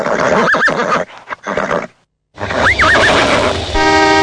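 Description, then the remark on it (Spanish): A bottle collector's cart horse, balking in the street, whinnies twice with shrill, wavering cries separated by a brief silence, and a loud, steady car horn blares at the end, overlapping rumbling street noise. “Viejo, correte, está prohibida la tracción a sangre por acá, Pará, pibe, se me empacó el caballo.”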